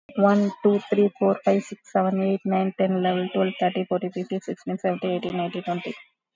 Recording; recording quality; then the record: counting at a fast pace; excellent, no background noise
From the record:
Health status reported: exposed to COVID-19, no respiratory illness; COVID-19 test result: negative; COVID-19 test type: RT-PCR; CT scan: taken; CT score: 8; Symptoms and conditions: cough, cold, breathing difficulty, sore throat, fatigue, loss of smell and taste, diarrhoea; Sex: female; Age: 38 years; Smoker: no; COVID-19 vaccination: none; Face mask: worn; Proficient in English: yes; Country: India